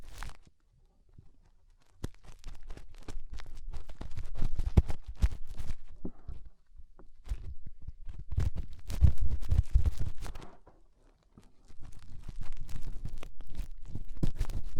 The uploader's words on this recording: ASMR Inner Ear Cleaning Using Fingers 3Dio (No Talking).